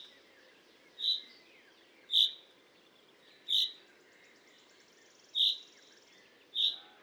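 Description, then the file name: Common chaffinch calling, a sharp, clipped metallic note repeated five times at uneven intervals of one to two seconds. "Fringilla coelebs"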